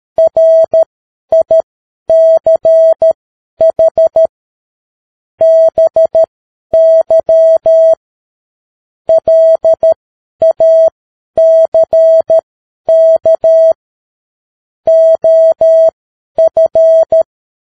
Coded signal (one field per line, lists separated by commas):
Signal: Morse code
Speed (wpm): 13 wpm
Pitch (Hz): 650 Hz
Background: none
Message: RICH BY LACK OF